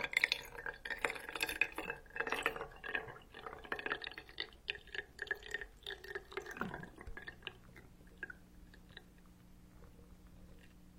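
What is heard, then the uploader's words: Wet, dripping liquid sounds and dense clicks fill the first seven seconds, then thin to sparse ticks over a steady low hum. 5D ear picking massage, make matcha milk almond cookies hazelnut cake.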